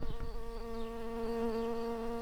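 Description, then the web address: Early bumblebee buzzing, a steady low drone with a rich stack of harmonics that holds one pitch throughout, after a brief rustling burst at the start. Worker early bumblebees. "Pratorum workers"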